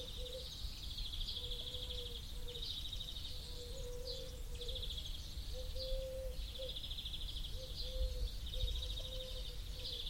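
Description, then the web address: Turtle dove giving low purring coos, spaced through the recording, while other small birds keep up continuous high, trilled chatter. Turtle doves with other birds. "birds and turtledoves loop"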